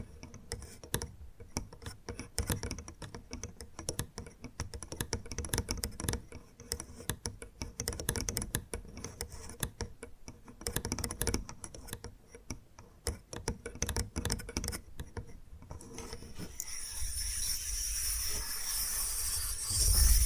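Bamboo being tapped in quick, irregular clicks, dense and busy like fast typing, with sharp knocks scattered through the first fifteen seconds. Near the end the tapping gives way to a steadier, brighter scratching and brushing sound that grows louder until the clip stops.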